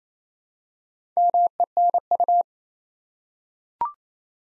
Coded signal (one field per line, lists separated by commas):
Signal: Morse code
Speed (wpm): 28 wpm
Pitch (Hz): 700 Hz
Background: none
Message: MENU